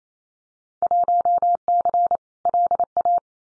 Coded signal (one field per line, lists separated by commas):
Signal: Morse code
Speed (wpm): 28 wpm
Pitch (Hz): 700 Hz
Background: none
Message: 1C LA